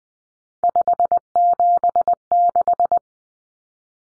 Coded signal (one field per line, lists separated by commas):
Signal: Morse code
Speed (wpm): 20 wpm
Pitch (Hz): 700 Hz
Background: none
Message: 576